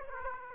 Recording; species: mosquito wingbeat signal from an infrared sensor; Aedes aegypti